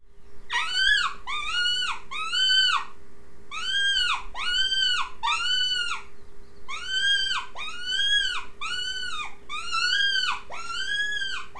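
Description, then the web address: Rabbit squeals, short arched harmonic cries in bursts of several with brief pauses between groups, over a constant low hum. "wild-game-downloads rabbits"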